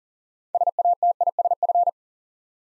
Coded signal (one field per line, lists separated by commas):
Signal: Morse code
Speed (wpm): 39 wpm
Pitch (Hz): 700 Hz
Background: none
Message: SATISF